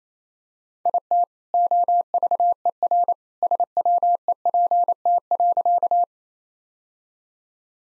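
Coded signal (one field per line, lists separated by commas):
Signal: Morse code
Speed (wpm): 28 wpm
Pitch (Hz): 700 Hz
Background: none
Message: IT OVER SWEPT.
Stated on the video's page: Morse practice set of all-age jokes at 28 wpm using contextual priming.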